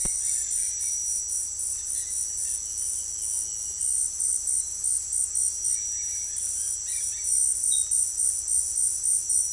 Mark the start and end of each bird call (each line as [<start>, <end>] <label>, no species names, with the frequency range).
[0.00, 2.61] bird call (1.0-4.6 kHz)
[5.58, 7.37] bird call (1.1-4.7 kHz)